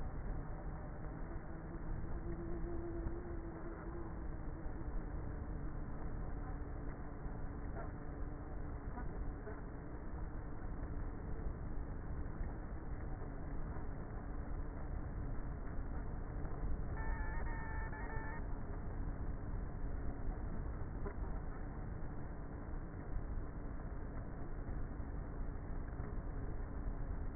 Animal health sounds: honeybee colony, microphone inside the hive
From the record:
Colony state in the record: queenless with a low population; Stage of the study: before two queens were removed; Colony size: about 30,000 bees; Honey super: no

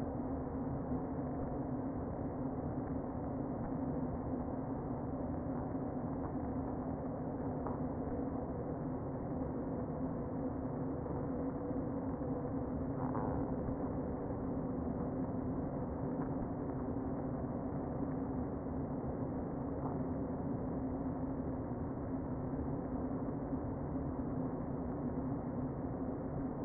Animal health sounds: honeybee colony, microphone inside the hive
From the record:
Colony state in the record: queen present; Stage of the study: before two queens were removed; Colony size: about 60,000 bees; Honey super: yes

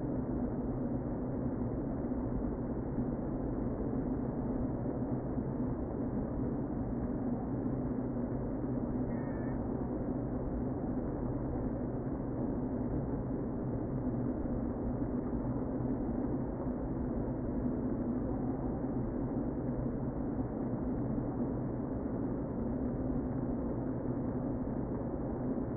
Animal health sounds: honeybee colony, microphone inside the hive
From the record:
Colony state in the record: queen present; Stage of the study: before two queens were removed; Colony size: about 60,000 bees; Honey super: yes

